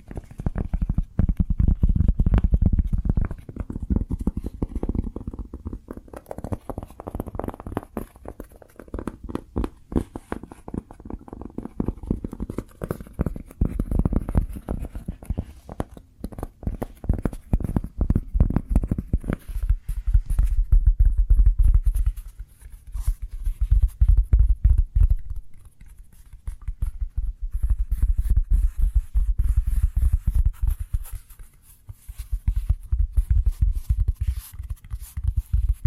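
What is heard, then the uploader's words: Cork being handled in bursts of dense low rubbing and crackling, with quick taps and brief quiet pauses between passes throughout. ASMR Cork Triggers. (No Talking).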